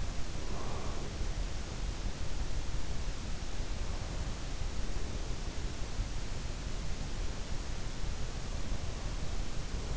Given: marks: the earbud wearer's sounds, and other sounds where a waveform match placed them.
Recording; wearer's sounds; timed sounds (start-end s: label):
sounds in sleep by an in-ear microphone; breath
0.00-1.67 s: breath